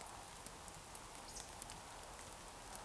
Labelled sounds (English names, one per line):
Eurasian Woodcock whistle